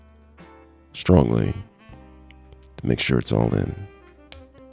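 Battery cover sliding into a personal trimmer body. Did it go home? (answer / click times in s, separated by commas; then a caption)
yes / 4.3 s. After the battery is inserted, the plastic battery cover of a Wahl MicroGroomsMan Lithium Ear, Nose and Eyebrow Trimmer is slid back into its slot on the trimmer body and pushed firmly until fully in. Someone talks over background music, followed by a few faint ticks and a sharp snap at 4.3 s as the cover seats in place.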